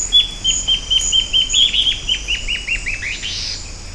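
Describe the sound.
Bird song: a fast string of short downslurred chirps lasting about three seconds, ending in a broader burst.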